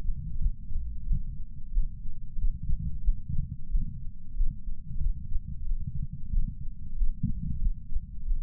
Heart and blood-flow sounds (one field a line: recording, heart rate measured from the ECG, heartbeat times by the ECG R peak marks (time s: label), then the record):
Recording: heart sounds by patch sensor on the chest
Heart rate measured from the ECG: 92 bpm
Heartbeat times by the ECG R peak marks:
0.39 s: heartbeat
1.06 s: heartbeat
1.71 s: heartbeat
2.36 s: heartbeat
3.02 s: heartbeat
3.69 s: heartbeat
4.34 s: heartbeat
4.99 s: heartbeat
5.65 s: heartbeat
6.31 s: heartbeat
6.95 s: heartbeat
7.59 s: heartbeat
8.25 s: heartbeat
From the record:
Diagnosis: coronary artery disease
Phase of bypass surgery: postoperative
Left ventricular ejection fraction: 63.7%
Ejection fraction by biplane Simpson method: 59.4%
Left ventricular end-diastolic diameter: 49 mm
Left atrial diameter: 35 mm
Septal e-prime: 7.3 cm/s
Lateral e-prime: 9.8 cm/s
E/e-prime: 7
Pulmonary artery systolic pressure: 20 mmHg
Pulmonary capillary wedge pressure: 4 mmHg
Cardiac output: 5.4 L/min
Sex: male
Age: 69 years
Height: 174 cm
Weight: 79 kg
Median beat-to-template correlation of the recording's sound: 0.69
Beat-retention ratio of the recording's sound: 1.00